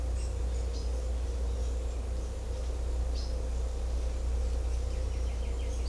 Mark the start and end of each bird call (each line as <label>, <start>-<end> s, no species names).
bird call, 4.86-5.74 s